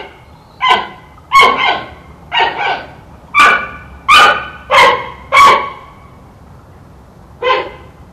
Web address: giant panda